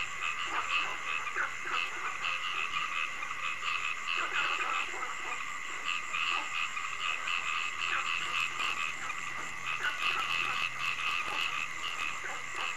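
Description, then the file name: Many frogs croaking at once, a busy stream of short rasping pulses over an unbroken high-pitched buzz. Frogs calling at night. "Tieng ech nhai keu ban dem"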